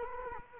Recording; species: mosquito wingbeat signal from an infrared sensor; Culex quinquefasciatus